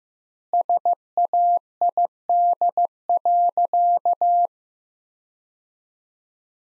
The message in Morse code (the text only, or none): SAID.